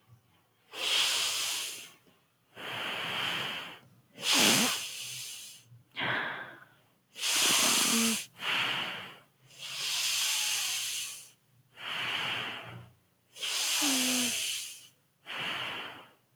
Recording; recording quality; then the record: deep breathing; excellent, no background noise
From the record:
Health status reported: recovered from COVID-19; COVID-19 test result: positive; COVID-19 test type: RT-PCR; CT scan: not taken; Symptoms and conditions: none ticked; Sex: female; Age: 24 years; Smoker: no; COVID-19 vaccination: none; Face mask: not worn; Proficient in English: no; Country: India